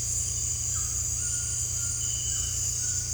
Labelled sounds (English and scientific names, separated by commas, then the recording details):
none
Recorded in dense forest near Puerto Asís, Putumayo, Colombia, on 18 December 2024 at 18:00
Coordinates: 0.467, -76.328
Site GP05